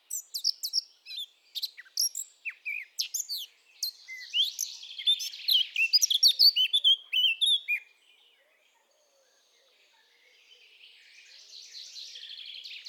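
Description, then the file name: Eurasian blackcap singing a long, rapid, chattering warble for about eight seconds, then a pause and a faint scratchy twitter. "Sylvia atricapilla"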